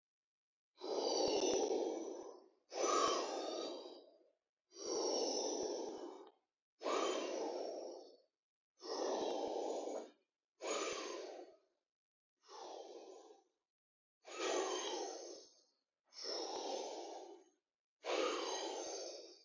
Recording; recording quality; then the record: deep breathing; excellent, no background noise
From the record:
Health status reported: healthy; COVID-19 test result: not tested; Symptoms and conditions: none ticked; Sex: male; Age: 26 years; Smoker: not ticked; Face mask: not worn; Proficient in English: yes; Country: Canada